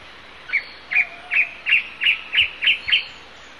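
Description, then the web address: Black antbird uttering eight sharp notes at a steady pitch, coming slightly faster toward the end, clear over faint background hiss. Eastern lowlands of South America. "Natures Songs S America Eastern Lowlands. Black Antbird"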